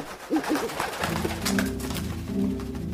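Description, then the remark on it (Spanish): Homing pigeons coo in a few soft, throaty, low-pitched bursts, then a steady droning hum settles underneath as the burbling calls continue faintly. “Hoy presentamos cómo se orientan las palomas mensajeras.”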